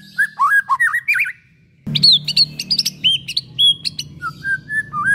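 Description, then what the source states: White-rumped shama song: rich varied whistled phrases, slurred and rising, then a short silent gap and more whistled notes over a steady low hum. Long-duration song used as a lure for trapping.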